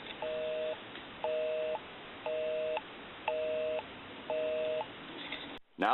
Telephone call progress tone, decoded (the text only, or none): busy tone